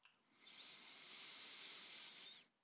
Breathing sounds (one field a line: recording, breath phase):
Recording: one breath near a microphone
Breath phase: inhalation